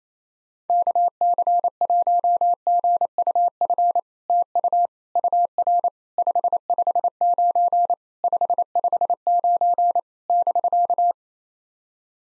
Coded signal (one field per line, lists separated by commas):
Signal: Morse code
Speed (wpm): 28 wpm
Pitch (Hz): 700 Hz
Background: none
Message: KC1GUF TU UR 559 559 <BK>